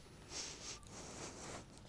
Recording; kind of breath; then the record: one breath in and out by a microphone near the nose and mouth; strong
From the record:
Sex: male